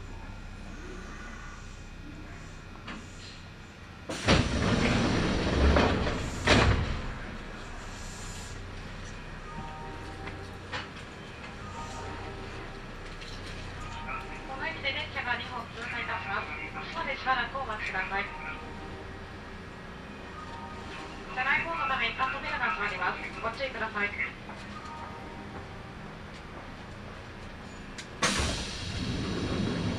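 A ride on a Kintetsu Nagoya Line local train, with a steady low rumble of the car running throughout. Loud rushing bursts hit around 4–7 seconds and again at the very end, and a voice announcement comes through in two stretches mid-clip.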